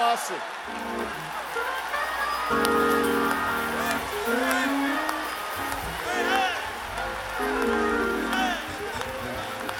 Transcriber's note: applause